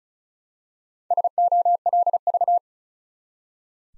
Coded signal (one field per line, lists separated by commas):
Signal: Morse code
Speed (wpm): 36 wpm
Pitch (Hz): 700 Hz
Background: none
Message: SOLV